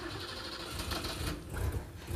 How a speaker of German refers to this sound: Schnell, lass den Motor an. Komm mal rein. Rück rüber, ich fahre.